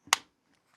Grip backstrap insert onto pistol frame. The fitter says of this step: it's going to snap into place